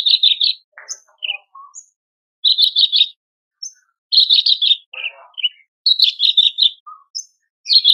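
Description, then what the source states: Horsfield's bush lark song: repeated chattering trill bursts, interspersed with brief higher and lower whistled notes. Masteran tutor recording for training caged birds; described as super gacor, singing persistently.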